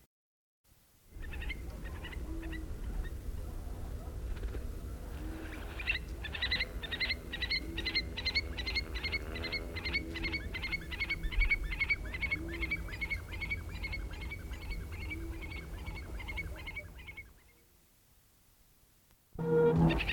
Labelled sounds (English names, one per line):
Eurasian Stone-curlew call